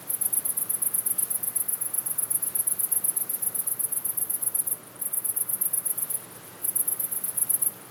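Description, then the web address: Cricket chirping, a fast high-pitched pulsed trill in steady bursts with brief pauses near five and six and a half seconds, over a soft hiss of wind. "best service Blue Box animals crickets wind"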